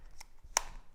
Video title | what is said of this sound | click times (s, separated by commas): 초보자를 위한 소니 미러리스 메뉴 설명 01 - 소니 미러리스에 대하여, 외관 (Sony menu Explained with ZV-E10) | 이 딸깍 소리가 날때까지 돌려 주시고 한번 확인해 보셔야 되요 이렇게 해주시면 되겠구요 | 0.6 s